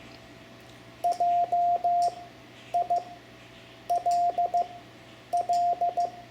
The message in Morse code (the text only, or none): JILL